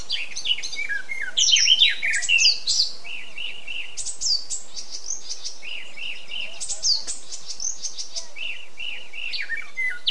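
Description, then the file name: Eurasian blackcap song: a loud, scratchy warble, then repeated short chirping notes in evenly paced series, with another warbled burst later. "Sylvia atricapilla"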